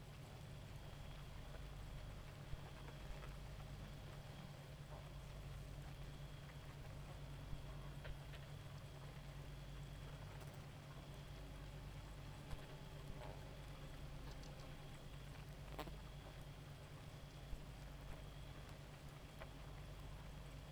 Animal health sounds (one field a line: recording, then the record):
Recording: honeybee colony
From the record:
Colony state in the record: active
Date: 28 July 2017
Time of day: 1:31